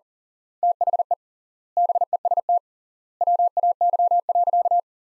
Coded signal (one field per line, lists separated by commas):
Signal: Morse code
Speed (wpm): 40 wpm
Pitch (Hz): 700 Hz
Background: none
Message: THE BEST WAY.